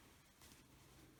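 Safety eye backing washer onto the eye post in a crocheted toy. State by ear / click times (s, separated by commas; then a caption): not seated / none. The plastic backing washer of a safety eye is squeezed down onto the eye's post through the head of a crocheted yarn toy, fitting the second eye. Only low, steady handling noise is heard, with a slightly brighter rustle around 0.4–0.6 s and no distinct click. Nothing has seated or clicked yet.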